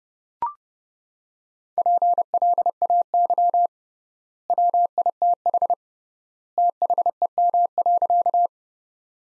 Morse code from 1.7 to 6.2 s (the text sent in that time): PLAY WITH